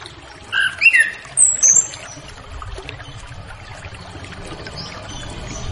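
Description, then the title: Orange-headed thrush song, one brief cluster of whistled notes early, then only faint background sound. Relaxed 'ngeplong' song style, used as a lure for a loose spotted orange-headed thrush. "Anis Kembang Ngeplong Santai , Untuk Pancingan Anis Kembang Lepas Trotol"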